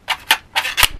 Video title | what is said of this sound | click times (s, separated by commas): Cheap Battery Nail Gun Review / Ferrex Cordless Nail Gun | and the same again you just push it until it clicks | 0.3 s